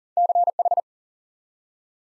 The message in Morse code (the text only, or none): CH